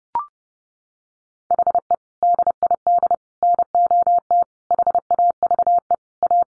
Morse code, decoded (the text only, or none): HE DID NOT HAVE A